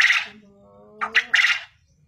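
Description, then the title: Quail call ending a harsh burst, then a faint low drone, followed by one full rasping phrase of two short notes and a longer note. Call used as a lure to make quail respond and call actively. "Burung Puyuh Mana Yang Tidak Nyaut Dan Gacor Dengan Pancingan Ini"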